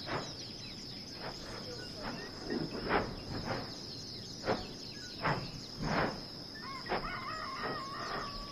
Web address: Hawaii s Kilauea Volcano May 2018 Volcano 5-22 11 am Birds